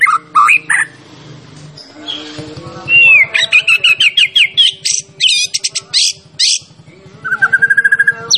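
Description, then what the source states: White-rumped shama song, varied, with sharp high chips, a clear whistle, quick clipped notes and a closing rapid trill, over a faint low rhythmic ticking. Champion bird; master recording used to train other songbirds.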